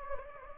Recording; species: mosquito wingbeat signal from an infrared sensor; Anopheles gambiae